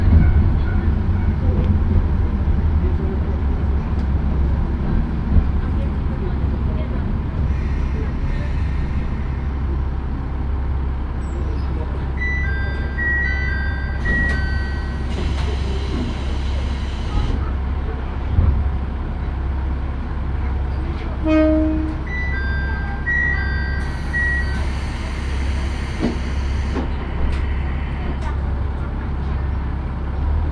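Inside a crowded single-car railbus, a steady low engine drone and track rumble run throughout. Voices of passengers chatter underneath, and short two-tone chime or beep signals sound around 12–16 seconds and again near 21–25 seconds.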